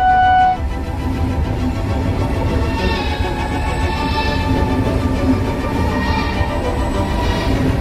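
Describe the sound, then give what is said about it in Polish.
The 'Train to Tischner' from Kraków rolls in on track one at platform one of Sopot station with a loud, steady rumble of wheels and machinery, thin metallic whines and squeals drifting above the noise throughout. “Pociąg do Tischnera, pociąg do myślenia, wjeżdża na tor pierwszy przy peronie pierwszym na stacji Sopot.”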